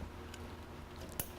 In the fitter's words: and that also clicks together very simple